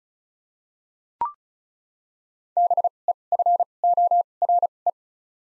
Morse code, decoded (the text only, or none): B E F O R E